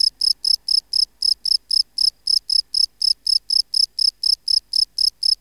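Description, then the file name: Field cricket song: an unbroken string of high, pulsed chirps, evenly spaced at around four per second. "Bio Acoustica. Gryllus campestris"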